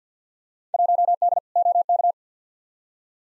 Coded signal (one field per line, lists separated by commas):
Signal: Morse code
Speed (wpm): 50 wpm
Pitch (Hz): 700 Hz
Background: none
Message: 1D OK